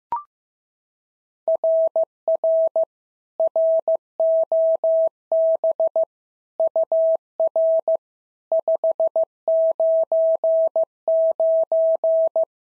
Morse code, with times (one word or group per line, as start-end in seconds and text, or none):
1.5-2.8 RR
3.4-6.0 ROB
6.6-8.0 UR
8.5-12.4 599